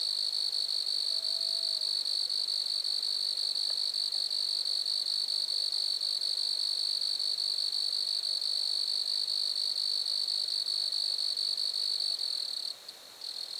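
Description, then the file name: Grasshopper giving a steady, shrill buzz in fast pulses, briefly breaking off near the end. Lac-à-François, Montcerf-Lytton, Quebec, Canada. "criquets-grasshoppers- -lac-acc 80-franccca 7 ois-montcerf-lytton-quecc 81 bec-canada"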